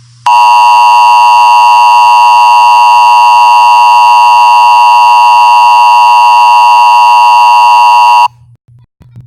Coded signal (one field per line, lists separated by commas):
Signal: Emergency Alert System (SAME) tones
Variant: 853 and 960 Hz attention tone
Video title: EAS Mini Scenario Crazy Hand